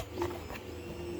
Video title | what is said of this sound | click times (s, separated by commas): Assembly instructions | You stretch it over that hole, and you hear a little click. It locks in place. | 0.2 s